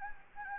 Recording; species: mosquito wingbeat signal from an infrared sensor; Anopheles gambiae